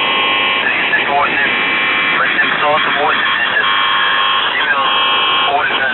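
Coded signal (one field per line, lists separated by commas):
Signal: channel marker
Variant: UVB-76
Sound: harsh continuous buzzing drone with a faint voice speaking over it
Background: radio static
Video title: The Buzzer/UVB-76(4625Khz) June 8th, 2023 Voice messages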